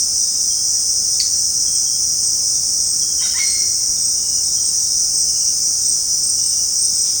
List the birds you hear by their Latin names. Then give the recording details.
Amazona amazonica. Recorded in secondary vegetation near Puerto Asís, Putumayo, Colombia, on 18 February 2024 at 18:30. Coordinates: 0.489, -76.322. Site G6419